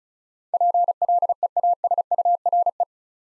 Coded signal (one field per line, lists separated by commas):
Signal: Morse code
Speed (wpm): 36 wpm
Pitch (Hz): 700 Hz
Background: none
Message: PLEASURE